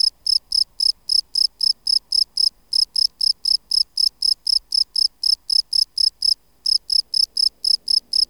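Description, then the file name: Field cricket song: short, high pulsed chirps repeated about four times a second in a steady run, with one brief pause near the end. "Bio Acoustica. Gryllus campestris"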